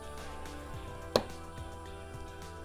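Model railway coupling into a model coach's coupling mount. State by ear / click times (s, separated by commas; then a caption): seated / 1.2 s. A replacement Hunt coupling, likely a plastic-on-plastic fit, is pushed into the coupling mount of an old Hornby model railway coach over steady background music. A single sharp, faint click is heard at 1.2 s as the coupling seats in place, appearing to set itself.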